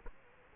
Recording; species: mosquito wingbeat signal from an infrared sensor; Culex quinquefasciatus